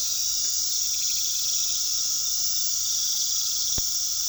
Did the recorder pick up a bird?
no